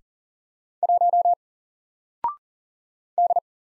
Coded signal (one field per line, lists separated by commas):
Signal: Morse code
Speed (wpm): 40 wpm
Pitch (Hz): 700 Hz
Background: none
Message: 1 D